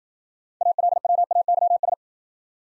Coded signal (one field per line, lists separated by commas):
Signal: Morse code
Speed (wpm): 51 wpm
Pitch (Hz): 700 Hz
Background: none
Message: ALWAYS